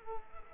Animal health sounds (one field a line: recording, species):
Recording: mosquito wingbeat signal from an infrared sensor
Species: Culex quinquefasciatus